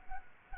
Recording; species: mosquito wingbeat signal from an infrared sensor; Culex quinquefasciatus